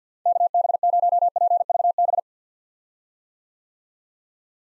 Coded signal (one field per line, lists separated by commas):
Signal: Morse code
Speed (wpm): 50 wpm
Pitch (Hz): 700 Hz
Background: none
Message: KB0PVB